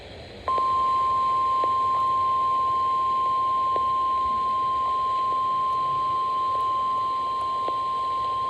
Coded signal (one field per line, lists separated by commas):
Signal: Emergency Alert System (SAME) tones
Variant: 1050 Hz attention tone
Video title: Considerable Severe Thunderstorm Warning for my county (EAS #189)